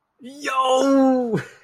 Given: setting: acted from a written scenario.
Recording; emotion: vocal sound without words; amusement